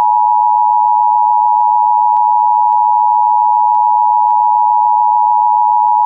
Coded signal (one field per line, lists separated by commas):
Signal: Emergency Alert System (SAME) tones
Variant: 853 and 960 Hz attention tone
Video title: !RARE! Alabama BLUE Alert (EAS 671)